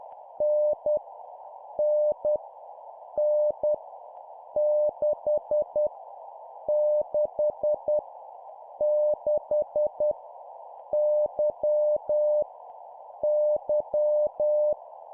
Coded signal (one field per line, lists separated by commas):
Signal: Morse code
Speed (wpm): 10 wpm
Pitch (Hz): 600 Hz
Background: none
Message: N N N 6 6 6 Y Y